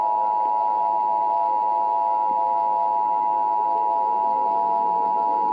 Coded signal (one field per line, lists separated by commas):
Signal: Emergency Alert System (SAME) tones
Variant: 853 and 960 Hz attention tone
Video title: [THIS IS SCARY AS FREAK THAN PT.1] Leni Loud Reacting To: EAS Scenario: The Grieving (Pt.2)